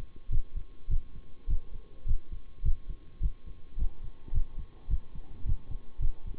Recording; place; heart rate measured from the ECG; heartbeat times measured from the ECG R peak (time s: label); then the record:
heart sounds by stethoscope; between the tricuspid and mitral areas; 105 bpm
0.30 s: heartbeat
0.88 s: heartbeat
1.48 s: heartbeat
2.06 s: heartbeat
2.63 s: heartbeat
3.20 s: heartbeat
3.77 s: heartbeat
4.32 s: heartbeat
4.88 s: heartbeat
5.44 s: heartbeat
6.00 s: heartbeat
From the record:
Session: bicycle stress test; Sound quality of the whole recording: good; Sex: male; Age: 26 years